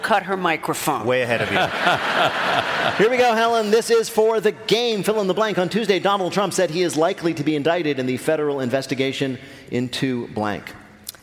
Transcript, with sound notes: I will cut her microphone.
Way ahead of you.
(LAUGHTER)
Here we go. Helen, this is for the game. Fill in the blank. On Tuesday, Donald Trump said he is likely to be indicted in the federal investigation into blank.